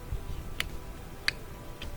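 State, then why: Seated. A repaired wiring harness connector on a GMC/Chevy is pushed into the rear wiper/defroster module socket. Two sharp plastic clicks at 0.6 s and 1.3 s, with a fainter tick near 1.8 s, rise over low background hum. The connector seats in the module.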